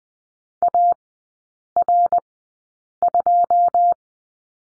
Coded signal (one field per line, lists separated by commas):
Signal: Morse code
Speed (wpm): 20 wpm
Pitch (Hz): 700 Hz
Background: none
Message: AR2